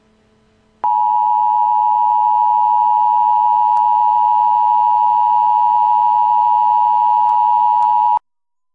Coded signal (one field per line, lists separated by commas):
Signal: Emergency Alert System (SAME) tones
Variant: 853 and 960 Hz attention tone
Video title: 2002 La Plata Tornado EAS 10 year anniversary.